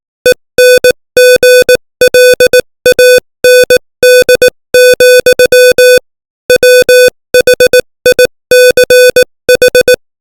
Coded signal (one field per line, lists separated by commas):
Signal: Morse code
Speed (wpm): 18 wpm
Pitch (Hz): 500 Hz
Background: music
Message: ENGLAND, WHICH